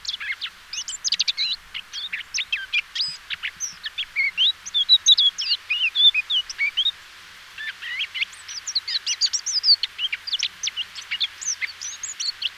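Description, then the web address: Eurasian blackcap song, a long, dense run of scratchy and whistled notes jumbled together, with a short gap near the middle before the chatter continues. "SETE data Sylvia atricapilla"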